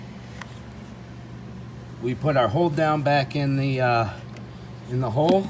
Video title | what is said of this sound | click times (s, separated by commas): Chevy trailblazer replace fuel line & fitting from fuel pump module | connected it you'll hear a clip snap on tight | 0.4 s